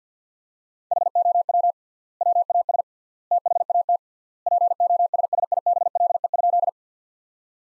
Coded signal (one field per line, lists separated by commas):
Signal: Morse code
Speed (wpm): 50 wpm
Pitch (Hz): 700 Hz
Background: none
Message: HOW WAS THAT POSSIBLE?